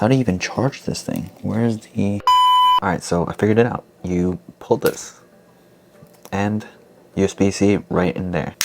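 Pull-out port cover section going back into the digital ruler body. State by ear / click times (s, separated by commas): not seated / none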